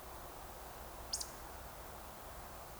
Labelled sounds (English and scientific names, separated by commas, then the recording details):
Eurasian Woodcock (Scolopax rusticola) whistle
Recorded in Baden-Württemberg, Germany, on 29 June 2020 at 02:34 UTC
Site 43791, 788 m above sea level